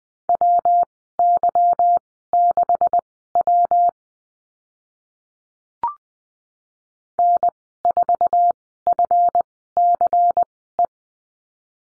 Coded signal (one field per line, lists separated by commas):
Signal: Morse code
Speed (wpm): 20 wpm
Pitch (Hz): 700 Hz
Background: none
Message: WY6W N4FCE